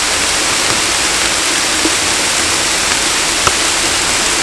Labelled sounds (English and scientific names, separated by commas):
none